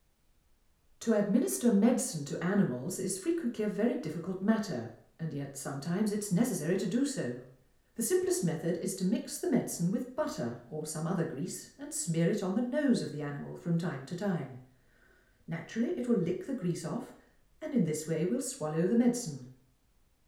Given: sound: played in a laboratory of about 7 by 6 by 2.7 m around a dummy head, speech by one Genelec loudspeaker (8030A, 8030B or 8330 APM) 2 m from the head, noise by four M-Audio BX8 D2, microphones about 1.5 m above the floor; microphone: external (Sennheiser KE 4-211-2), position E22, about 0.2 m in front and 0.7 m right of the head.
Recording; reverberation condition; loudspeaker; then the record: female speech in English; medium; 150 degrees to the right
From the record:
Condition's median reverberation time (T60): about 510 ms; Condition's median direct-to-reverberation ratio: about -0.5 dB